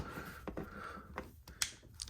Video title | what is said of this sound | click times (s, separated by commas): Masters Of The WWE Universe ANDRE THE GIANT Action Figure Review | bam that's that's a very satisfying snap | 1.6 s